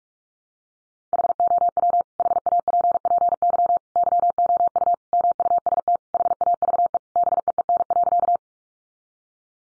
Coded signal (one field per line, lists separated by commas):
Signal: Morse code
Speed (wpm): 44 wpm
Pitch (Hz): 700 Hz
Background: none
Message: HOW HAPPY YOU MUST HAVE BEEN.